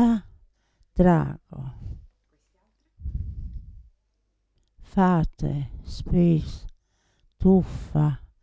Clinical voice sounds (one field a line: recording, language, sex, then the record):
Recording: read list of words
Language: Italian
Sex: female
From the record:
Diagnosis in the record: Parkinson's disease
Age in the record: 80 years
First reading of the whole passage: 169 s, 3.1 characters per second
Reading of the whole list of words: 101 s, 2.8 characters per second